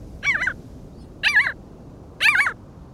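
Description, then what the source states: Jaeger calls: three harsh, nasal, wavering notes, about a second apart. Dark, gull-like seabirds, also called skuas, found a few miles offshore; fearsome hunters that steal fish from other animals in flight.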